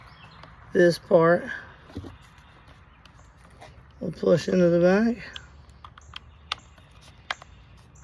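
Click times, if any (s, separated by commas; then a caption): 6.5 s, 7.3 s. Someone talks while a mount piece is pushed into the back of a Eufy SoloCam E30 outdoor camera. Two sharp clicks at 6.5 s and 7.3 s are heard as it locks into place, and the mount ends up seated.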